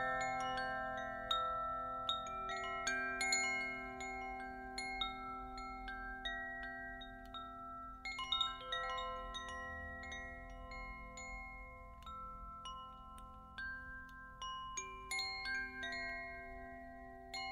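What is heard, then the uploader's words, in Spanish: Meditation with singing bowls, shruti box and Koshi chimes: long sustained ringing tones over a low drone, with light chime strikes scattered throughout. Meditación con cuencos.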